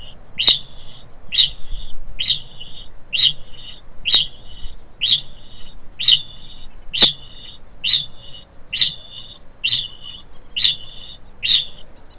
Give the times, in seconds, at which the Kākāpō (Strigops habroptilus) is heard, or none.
0.00-12.00